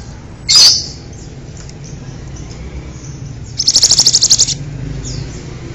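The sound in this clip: Bird gives one sharp, high squawk, then after a pause a fast, rattling trill of about ten pulses lasting under a second.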